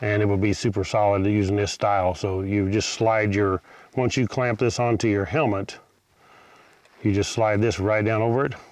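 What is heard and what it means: A Sena 50C helmet intercom unit with 4K camera is being handled at its clamp mount fixed to the side of a motorcycle helmet, about to be slid down over it. Someone talks throughout, with a quiet pause around 6 seconds. Nothing has seated or clicked yet.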